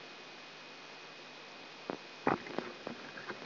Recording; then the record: brain microelectrode recording played as sound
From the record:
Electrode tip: outside the subthalamic nucleus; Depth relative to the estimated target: -6 mm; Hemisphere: left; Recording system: AlphaMap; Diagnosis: Parkinson's disease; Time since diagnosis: 9 years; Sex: male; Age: 66 years